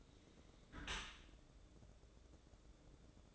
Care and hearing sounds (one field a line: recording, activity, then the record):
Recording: daily activity, microphone in the room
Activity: close dishwasher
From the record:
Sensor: 3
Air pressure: 1012.3 hPa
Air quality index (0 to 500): 152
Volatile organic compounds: 2 ppm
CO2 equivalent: 1169 ppm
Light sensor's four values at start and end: 514/1261/520/515 and 516/1267/523/518